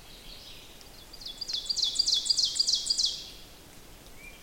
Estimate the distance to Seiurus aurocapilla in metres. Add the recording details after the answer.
about 30 m. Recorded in boreal forest in Alberta, Canada, on 6 June 2016 at 06:53. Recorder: SongMeter 3, array SBT-3-51. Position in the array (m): 236 m, 8 m. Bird 27